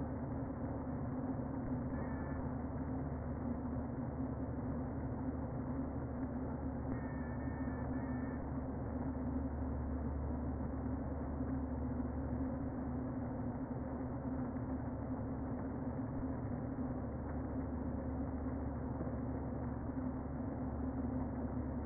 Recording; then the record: honeybee colony, microphone inside the hive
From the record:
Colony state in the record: queen present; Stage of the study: before two queens were removed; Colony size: about 60,000 bees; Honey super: yes